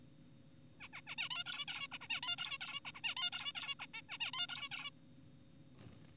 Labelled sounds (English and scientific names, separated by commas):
Zebra Finch (Taeniopygia guttata)